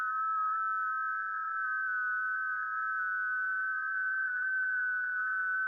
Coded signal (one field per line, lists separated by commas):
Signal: FT8